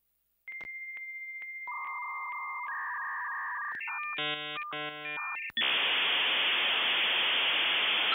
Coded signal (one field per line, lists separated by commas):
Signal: dial-up modem handshake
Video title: Minitel, the "French Internet" That Came Before the Web